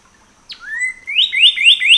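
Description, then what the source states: Northern cardinal song: one long slurred whistle followed by a rapid run of bright, rising chip-like notes. Seven songs recorded on 14 April 2018.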